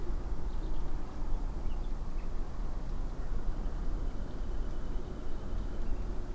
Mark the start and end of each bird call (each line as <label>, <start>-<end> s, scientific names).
Cettia cetti, 0.49-0.91 s
Luscinia megarhynchos, 1.62-2.27 s
Luscinia megarhynchos, 4.10-6.01 s